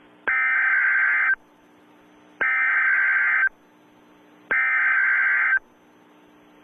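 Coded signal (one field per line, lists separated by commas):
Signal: Emergency Alert System (SAME) tones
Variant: header bursts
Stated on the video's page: Simulated Halloween-themed EAS alert in retro style, one of a series of scenario recreations.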